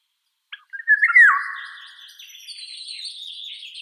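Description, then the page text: Eurasian golden oriole singing one rich, flute-like phrase with a sharp downward slur, then a long stretch of quiet, scratchy, high-pitched chatter. "Иволга обыкновенная (Oriolus oriolus) - Пение"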